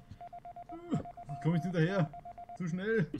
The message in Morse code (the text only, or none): 536